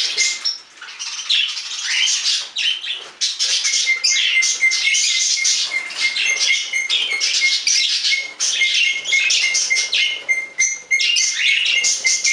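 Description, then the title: Budgerigar chatter, a dense continuous warble of high buzzy chirps and squeaks with a steady thin whistle-like tone repeating underneath throughout. "Budgie Sounds"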